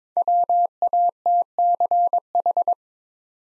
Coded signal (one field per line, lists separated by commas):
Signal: Morse code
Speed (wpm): 22 wpm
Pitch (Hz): 700 Hz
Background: none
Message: WATCH